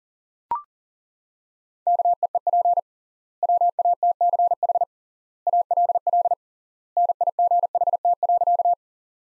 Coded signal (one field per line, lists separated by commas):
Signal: Morse code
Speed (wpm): 40 wpm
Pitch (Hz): 700 Hz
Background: none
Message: KEEP WATCH ALL NIGHT.